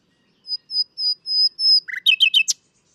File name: Luscinia megarhynchos